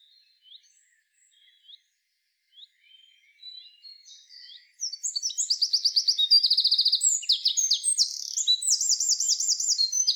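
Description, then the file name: Eurasian wren: a few quiet high chips, then a Eurasian wren launches into a long, loud, rushing song full of trills and fast repeated notes. "Troglodytes troglodytes"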